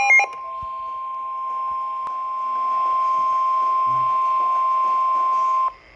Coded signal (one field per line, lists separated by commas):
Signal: Emergency Alert System (SAME) tones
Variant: 1050 Hz attention tone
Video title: EAS #470: SMW